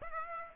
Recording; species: mosquito wingbeat signal from an infrared sensor; Aedes aegypti